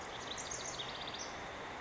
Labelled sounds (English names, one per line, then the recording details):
House Wren
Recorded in Sonoma County, California